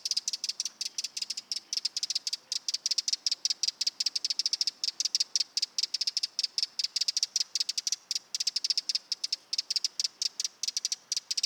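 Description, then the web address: Eurasian wren song: an unbroken stream of very quick, piercing high notes forming a rattling trill across the whole stretch. Nominate subspecies Troglodytes troglodytes troglodytes. "Vogelstimmen Vogelstimme Zaunkoenig 2-Eurasian Wren - Troglodytes troglodytes troglodytes"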